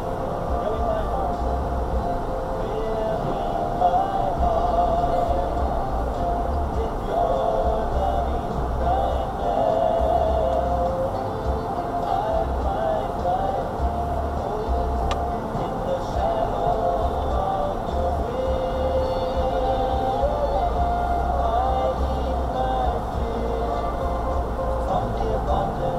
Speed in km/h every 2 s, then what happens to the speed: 3, 5, 5, 3, 2, 0, 0, 0, 0, 0, 2, 2, 3.
0-8 steady at about 3. 8-26 standing.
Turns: none.